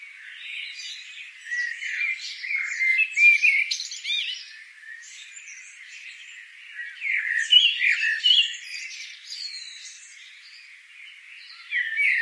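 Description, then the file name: Eurasian blackbird with rapid, scratchy chattering and squawks in two loud bursts, quieter in between, ending with a short harsh note. "Turdus merula"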